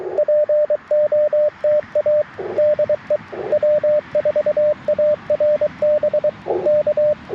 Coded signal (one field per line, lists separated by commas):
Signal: Morse code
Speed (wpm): 23 wpm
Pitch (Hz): 600 Hz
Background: radio noise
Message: POTA DE W4ARB K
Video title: On-Air CW for Morse Code Practice - QRP CW POTA 9/27/23 @ Tuskegee National Forest (K-4451)